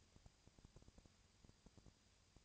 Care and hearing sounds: daily activity, microphone in the room; no activity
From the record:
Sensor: 2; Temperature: 20.3 degrees Celsius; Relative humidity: 37.0%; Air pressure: 998.7 hPa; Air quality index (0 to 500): 236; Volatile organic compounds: 38 ppm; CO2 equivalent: 3112 ppm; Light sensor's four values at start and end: 2/3/2/2 and 2/3/2/2

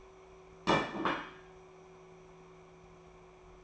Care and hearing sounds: daily activity, microphone in the room; place plate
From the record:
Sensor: 1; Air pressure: 1015.0 hPa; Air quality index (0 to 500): 201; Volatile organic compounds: 25 ppm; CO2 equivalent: 2847 ppm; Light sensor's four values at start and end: 28/69/29/35 and 26/64/27/32

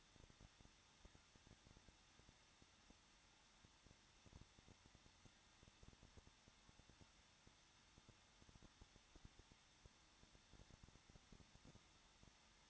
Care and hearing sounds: daily activity, microphone in the room; no activity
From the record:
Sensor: 3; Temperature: 21.2 degrees Celsius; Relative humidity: 36.4%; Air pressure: 1006.4 hPa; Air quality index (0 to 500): 223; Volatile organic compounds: 44 ppm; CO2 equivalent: 3206 ppm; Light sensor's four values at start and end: 2/3/2/2 and 2/3/2/2

